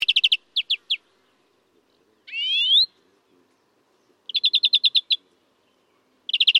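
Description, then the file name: European greenfinch uttering quick chirp series and one drawn-out rising wheezy call between them, then more rapid chirp series. "Chloris chloris"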